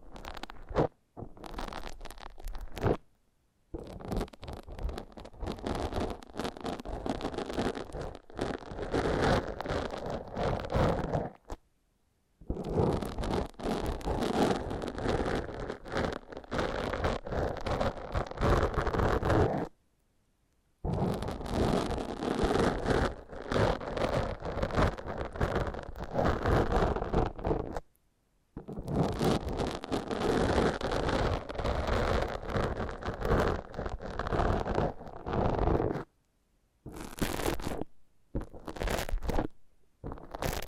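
Foam being massaged and squeezed, a dense rustling, squeaking friction that runs in long bursts of several seconds each. Short silent gaps break the sound around 3, 12, 20, 28 and 36 seconds, with a few quick stop-start strokes near the end.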